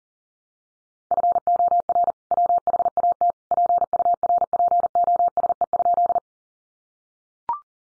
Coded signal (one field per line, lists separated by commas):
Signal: Morse code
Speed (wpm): 37 wpm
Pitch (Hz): 700 Hz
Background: none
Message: FOR WHAT PURPOSE?